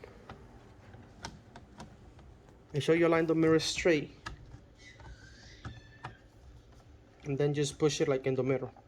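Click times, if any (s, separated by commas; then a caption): none. Side mirror glass with plastic clips is handled and aligned onto the mirror motor mount of a 2020-2022 Toyota Highlander Platinum while someone talks. Light taps and knocks are heard throughout, with a sharper one near 4.3 s. The glass has not been pushed home yet, so nothing has seated or clicked.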